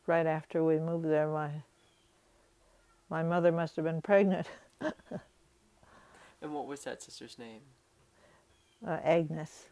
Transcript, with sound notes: right after we moved there my mother must have been pregnant. (she laughs)
And what was that sister's name?
Agnes.